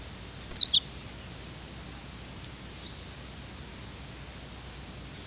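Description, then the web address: Henslow's sparrow giving a brief, very high, thin chirp of a few notes near the start, then one more short high note about four seconds later, over steady faint hiss. "sparrows hesp"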